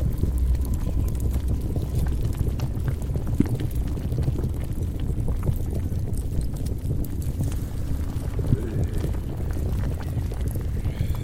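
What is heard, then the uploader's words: A dense, steady low rumble of churning lava and fire, with bubbling, crackling pops and scattered thuds like falling rocks throughout. Underworld asmr ambience. Abyss of hell. Lava , flame , rockfall, monster sounds.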